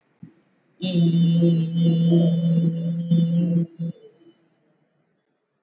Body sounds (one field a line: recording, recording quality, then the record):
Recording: sustained vowel as in beet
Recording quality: excellent, no background noise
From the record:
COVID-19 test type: RT-PCR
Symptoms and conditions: cough, cold, breathing difficulty, another respiratory illness, hypertension, diabetes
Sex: female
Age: 55 years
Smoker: no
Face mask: not worn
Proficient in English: yes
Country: India